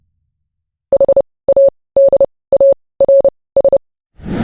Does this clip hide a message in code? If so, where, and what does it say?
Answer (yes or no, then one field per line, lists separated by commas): yes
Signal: Morse code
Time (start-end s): 0.9-3.8 s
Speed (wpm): 30 wpm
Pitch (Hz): 550 Hz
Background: none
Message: HADARS